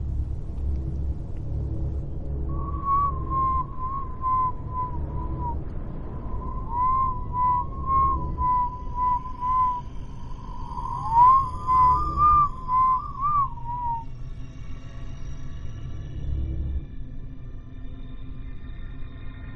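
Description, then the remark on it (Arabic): A lone human whistle traces a slow, wavering tune in several long phrases, sliding and trilling around one mid pitch, in a pitch-dark haunted house, over a steady low rumble, with no talking. “وصوت الصفير في العادي يعني حاجة متخوفش، ولكن تخيل معايا انت واقف ضلمة في بيت عارف انه مسكون ولوحدك والدنيا كحل وحد بيصفر لك.”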